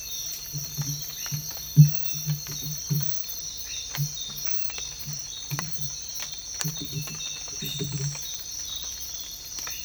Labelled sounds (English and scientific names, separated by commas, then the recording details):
none
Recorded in dense forest near Puerto Asís, Putumayo, Colombia, on 22 December 2024 at 05:30
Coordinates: 0.484, -76.317
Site G026